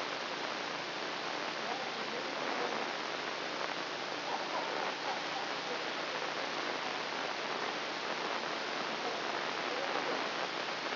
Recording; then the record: brain microelectrode recording played as sound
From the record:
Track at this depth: inside the subthalamic nucleus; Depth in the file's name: 3.908 mm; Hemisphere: left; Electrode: 2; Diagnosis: Parkinson's disease